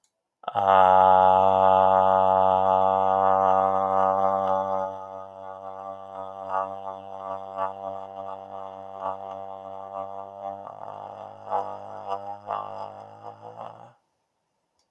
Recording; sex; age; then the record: vowel held as long as possible; male; 40 to 49 years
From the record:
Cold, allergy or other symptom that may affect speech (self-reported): no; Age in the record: 40 years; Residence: Arizona, United States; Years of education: 12